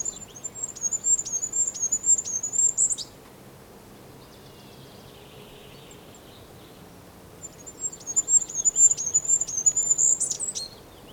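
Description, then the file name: Goldcrest song twice, each phrase a shimmering run of tiny high-pitched repeated notes ending with a brief flourish, with a quiet pause of around four seconds between. Song; Europe. "Wintergoldhaehnchen Gesang Voegel in Europa"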